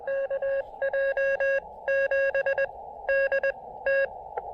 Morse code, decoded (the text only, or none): KJ7DT